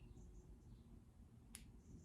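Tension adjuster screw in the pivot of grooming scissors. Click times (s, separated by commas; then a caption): 1.6 s. The tension adjuster screw in the pivot of a pair of grooming scissors is turned to adjust blade tension, with a low steady background hum. At 1.6 s the clicking adjuster drops into its next notch with one small, sharp click, and it is seated.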